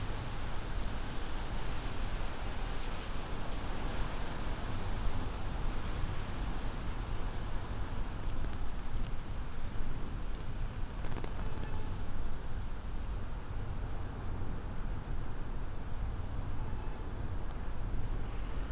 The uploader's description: A binaural field recording, from my studio in Sunset Park to my apartment in Harlem.